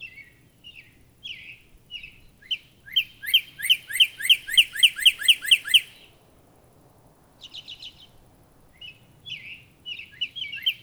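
Northern cardinal song: a few separate whistles, then a long rapid series of loud downslurred notes, a pause, and more scattered whistled phrases.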